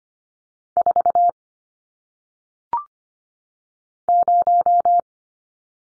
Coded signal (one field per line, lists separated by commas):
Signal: Morse code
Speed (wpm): 25 wpm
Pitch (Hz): 700 Hz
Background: none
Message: 4 0